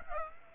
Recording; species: mosquito wingbeat signal from an infrared sensor; Aedes aegypti